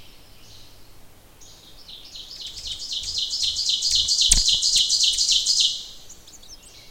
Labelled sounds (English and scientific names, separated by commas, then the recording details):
Ovenbird (Seiurus aurocapilla) song
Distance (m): 10 m
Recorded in boreal forest in Alberta, Canada, on 28 June 2016 at 06:21
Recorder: SongMeter 3, array SBT-6-79
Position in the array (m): 5 m, 125 m
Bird 42